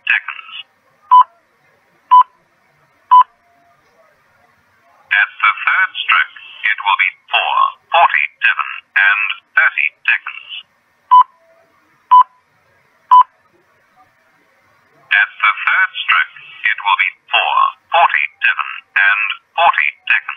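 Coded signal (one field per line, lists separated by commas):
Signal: speaking clock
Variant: Australian talking clock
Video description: I thought it would be worthwhile to record the prerecorded message that is spoken when you dial the number (1194).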